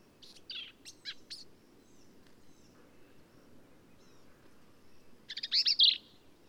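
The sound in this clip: Black-capped vireo song: an opening cluster of sharp chips, a quiet gap of several seconds, then a loud, complex, harsh phrase.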